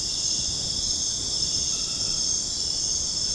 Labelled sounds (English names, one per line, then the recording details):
none
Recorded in dense forest near Puerto Asís, Putumayo, Colombia, on 25 June 2025 at 21:00
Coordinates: 0.486, -76.317
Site G065